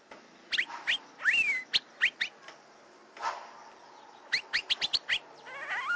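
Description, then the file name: Asian fairy-bluebird calls: short sharp upward notes and a clear swooping whistle, then a quick run of clipped notes, ending in a rising slurred note. "suara kacembang gadung"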